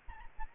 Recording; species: mosquito wingbeat signal from an infrared sensor; Aedes aegypti